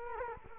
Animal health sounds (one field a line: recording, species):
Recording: mosquito wingbeat signal from an infrared sensor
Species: Culex quinquefasciatus